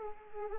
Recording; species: mosquito wingbeat signal from an infrared sensor; Anopheles arabiensis